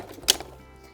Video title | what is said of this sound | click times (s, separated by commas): Taking Your Ride for a Ride - How to Take Apart and Transport Your Mobility Scooter | you just put it over the bar and let it click into place so | 0.3 s